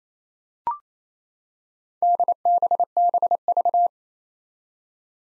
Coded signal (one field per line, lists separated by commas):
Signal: Morse code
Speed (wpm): 27 wpm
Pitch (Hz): 700 Hz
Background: none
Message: DBBV